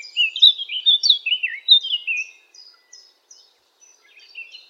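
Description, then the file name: Eurasian blackcap song: a loud, clear fluting phrase of rich whistled notes, fading into soft scattered twitters. "zwartkop zang"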